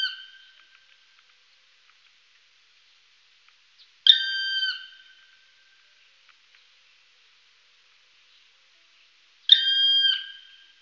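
Black woodpecker giving drawn-out, plaintive whistled calls with a falling end, two full calls about five seconds apart after the tail of an earlier one.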